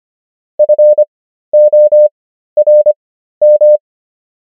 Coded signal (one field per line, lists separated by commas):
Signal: Morse code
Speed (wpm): 25 wpm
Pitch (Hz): 600 Hz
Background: none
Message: FORM